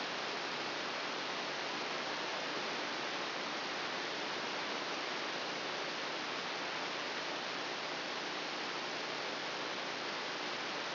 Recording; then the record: brain microelectrode recording played as sound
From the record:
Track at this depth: inside the subthalamic nucleus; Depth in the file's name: 3.308 mm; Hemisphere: left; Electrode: 2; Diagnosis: Parkinson's disease